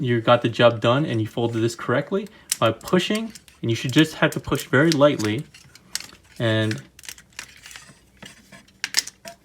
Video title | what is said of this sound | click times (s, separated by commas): (FIXED) Transformers Masterpiece MP-43 Megatron Beast Wars | will snap into place there's like little hooks here | 8.8 s